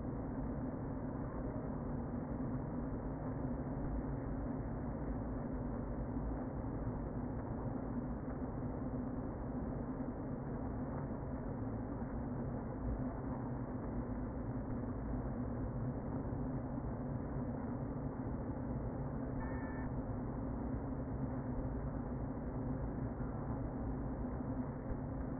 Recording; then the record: honeybee colony, microphone inside the hive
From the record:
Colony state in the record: queen present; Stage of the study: before two queens were removed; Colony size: about 60,000 bees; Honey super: yes